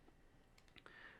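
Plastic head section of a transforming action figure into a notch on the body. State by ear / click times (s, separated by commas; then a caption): seated / 0.8 s, 0.9 s. The plastic head section of a Transformers Legacy United Thundertron action figure, already pegged in at the back of the neck, is raised fully into a notch on the body during transformation. A few small, sharp plastic ticks come first, then two louder clicks at 0.8 s and 0.9 s as the head seats in the notch.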